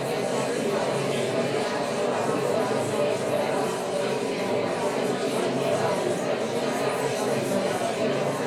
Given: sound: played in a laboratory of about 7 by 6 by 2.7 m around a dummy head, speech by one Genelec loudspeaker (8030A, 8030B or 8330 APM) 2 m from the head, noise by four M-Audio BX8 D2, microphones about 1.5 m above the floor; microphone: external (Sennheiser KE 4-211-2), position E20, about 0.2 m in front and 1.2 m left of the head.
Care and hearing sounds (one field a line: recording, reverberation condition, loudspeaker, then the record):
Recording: babble noise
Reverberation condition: medium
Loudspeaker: four, about 170 cm from the corners of the room and facing them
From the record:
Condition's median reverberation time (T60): about 510 ms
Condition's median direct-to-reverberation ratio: about -0.5 dB